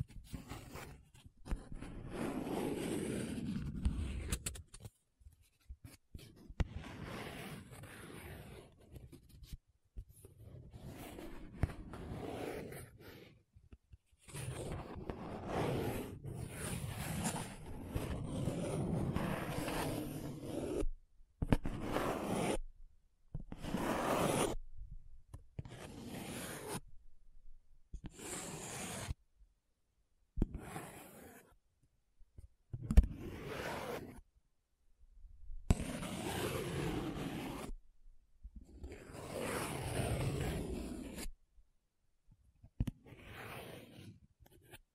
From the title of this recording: Different Paper Sounds Tracing, Scratching, Rubbing